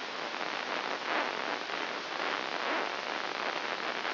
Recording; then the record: brain microelectrode recording played as sound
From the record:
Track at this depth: inside the subthalamic nucleus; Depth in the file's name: 2.804 mm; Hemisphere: right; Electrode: 3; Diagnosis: Parkinson's disease